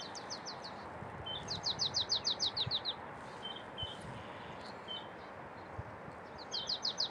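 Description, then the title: Marsh tit giving rapid trains of sharp, high, falling notes, a short run at the start, a longer one in the middle and another at the end, over steady background hiss. "沼泽山雀的叫声"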